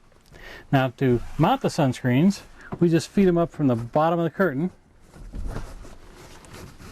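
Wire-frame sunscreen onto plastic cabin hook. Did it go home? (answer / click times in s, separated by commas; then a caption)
no / none. In the V-berth of a Matilda 20, a wire-framed fabric sunscreen, silver on one side and black on the other, is fed up from the bottom of the curtain toward adhesive-backed plastic coat hooks stuck on the cabin. Someone talks from about 0.7 to 4.7 s, followed by quiet handling rustle with faint brief ticks at 0.3 s and 6.5 s. Nothing has snapped onto the hooks yet.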